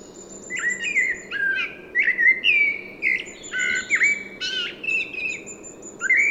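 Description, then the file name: Common blackbird delivering a dense stream of warbled, whistled notes with sliding pitch, broken by sharp, high chittering accents throughout. "Turdus merula"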